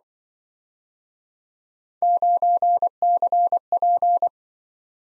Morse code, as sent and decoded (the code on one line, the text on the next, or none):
----. -.-. .--.
9CP